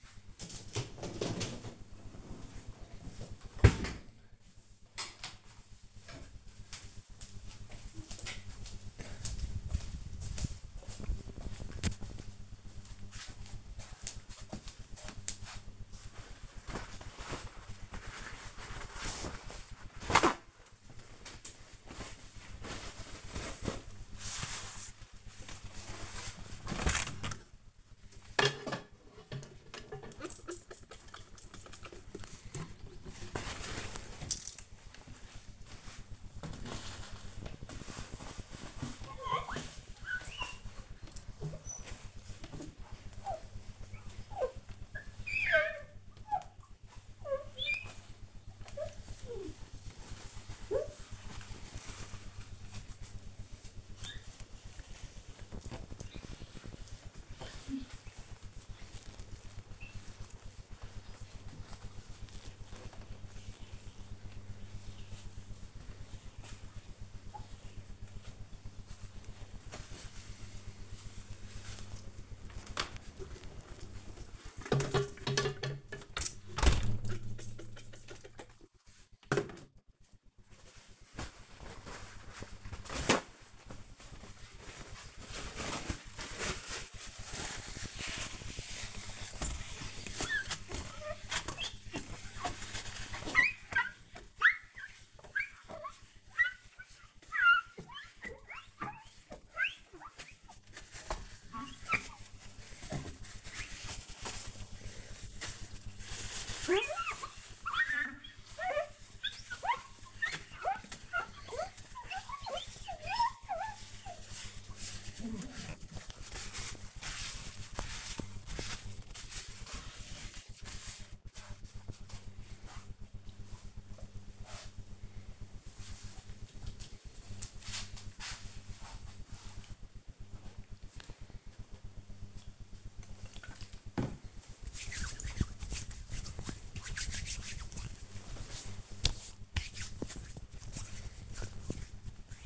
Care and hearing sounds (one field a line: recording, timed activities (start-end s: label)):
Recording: household activities, microphone on the right wrist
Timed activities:
0.00-3.23 s: cleaning out the dishwasher
16.31-122.03 s: window cleaning
131.11-142.46 s: disinfecting hands